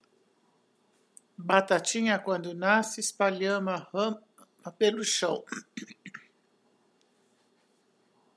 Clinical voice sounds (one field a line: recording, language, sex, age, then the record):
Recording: short text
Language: Brazilian Portuguese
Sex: female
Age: 70 to 79 years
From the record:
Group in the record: control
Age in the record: 76 years